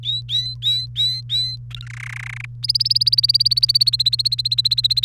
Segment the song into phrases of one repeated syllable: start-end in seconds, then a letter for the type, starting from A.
0.03-1.56 A, 1.71-1.85 B, 1.87-2.45 C, 2.63-5.05 D